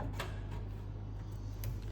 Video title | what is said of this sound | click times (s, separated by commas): Tugas Merakit PC dan meng-install operating system | Nah sampai bunyi klak ya, klak. Nah otomatis di sini ngunci sendiri, klak. | 1.6 s